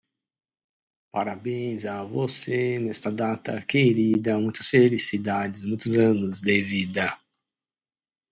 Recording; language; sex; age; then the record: short text; Brazilian Portuguese; male; 40 to 49 years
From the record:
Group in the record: control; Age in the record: 42 years